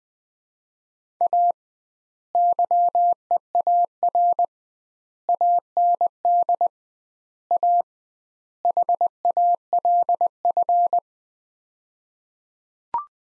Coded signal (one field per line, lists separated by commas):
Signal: Morse code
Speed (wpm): 20 wpm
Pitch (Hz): 700 Hz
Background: none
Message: A YEAR AND A HALF